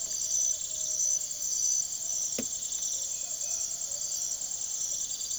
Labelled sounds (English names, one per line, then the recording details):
none
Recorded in secondary vegetation near Puerto Asís, Putumayo, Colombia, on 23 June 2025 at 03:00
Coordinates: 0.489, -76.322
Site G021